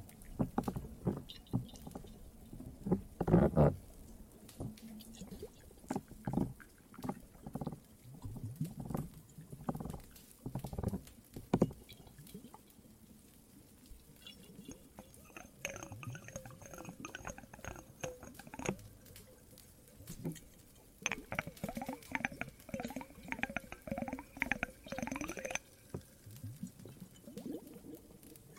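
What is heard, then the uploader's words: Cave ambience with fire-like crackle: scattered pops, knocks and soft patter arrive irregularly throughout, loudest in the first twelve seconds. From about 15 to 19 seconds and again from 21 to 26, a wavering, squeaky tone rises over the crackling. Some more Cave ASMR, Water and Fireplace added.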